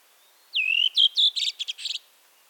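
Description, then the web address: Redwing singing one phrase: a slurred whistle that drops and flattens out, then a rapid string of scratchy, twittering notes ending the phrase. "glosy ptakow spiew drozda bialobrodego"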